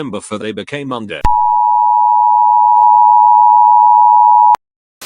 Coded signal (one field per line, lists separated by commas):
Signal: Emergency Alert System (SAME) tones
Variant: 853 and 960 Hz attention tone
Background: speech